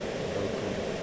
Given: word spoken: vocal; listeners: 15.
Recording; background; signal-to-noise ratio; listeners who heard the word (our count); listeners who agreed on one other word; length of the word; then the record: one English word in noise, from a listening test; speech-shaped noise; -5.9 dB; 1 of 15; 6 of 15; 0.63 s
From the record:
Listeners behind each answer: 6, 3, 1, 1, 1, 1, 1, 1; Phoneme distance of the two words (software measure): 27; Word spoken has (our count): 2 syllables, 5 phonemes, stress on syllable 1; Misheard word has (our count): 2 syllables, 6 phonemes, stress on syllable 1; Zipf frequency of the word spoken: 3.84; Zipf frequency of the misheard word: 4.86